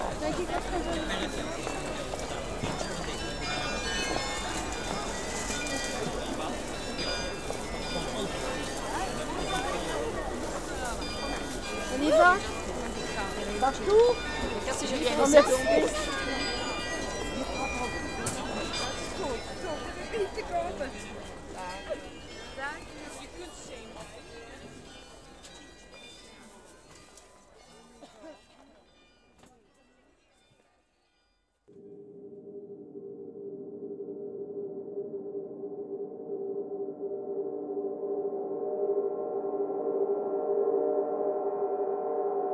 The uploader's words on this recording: Holland – Market – Busy Market with Carillon (Maastricht).